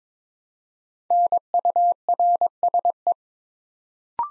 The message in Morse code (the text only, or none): NURSE